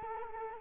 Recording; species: mosquito wingbeat signal from an infrared sensor; Culex quinquefasciatus